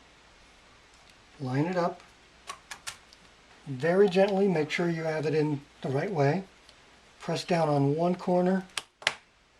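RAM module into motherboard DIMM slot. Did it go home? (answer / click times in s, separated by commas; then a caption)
yes / 9.1 s. A RAM memory module is lined up and pressed down, one corner first, into a motherboard DIMM slot while someone talks. A sharp snap sounds at 9.1 s as the slot's plastic retention latch engages, and the module is seated.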